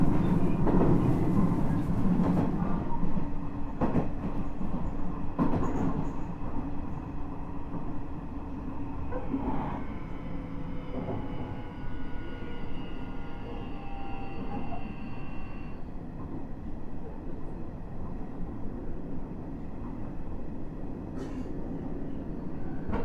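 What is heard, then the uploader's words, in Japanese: Inside a moving express train, a dense steady rumble with rhythmic clacks, a rising whine from about ten to sixteen seconds, then easing. 西鉄 9000系 薬院から二日市まで（後編 春日原から）。西日本鉄道 9000系電車の走行音です。天神大牟田線の急行電車で録音しました。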